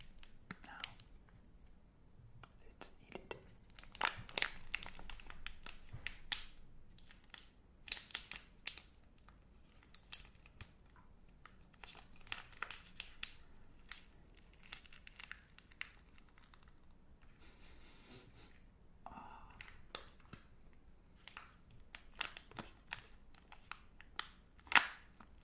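Unwrapping a Magnum chocolate bar: irregular crinkling and crackling bursts of plastic wrapper throughout, busiest around five seconds and again near twenty-five.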